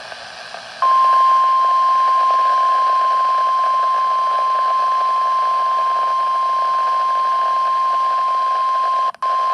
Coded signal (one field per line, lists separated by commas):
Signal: Emergency Alert System (SAME) tones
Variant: 1050 Hz attention tone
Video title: Severe Thunderstorm Warning #19 (EAS #32) (6/13/2023)